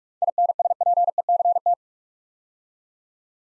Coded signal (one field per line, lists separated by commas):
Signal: Morse code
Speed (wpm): 44 wpm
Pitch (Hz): 700 Hz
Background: none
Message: INSPECT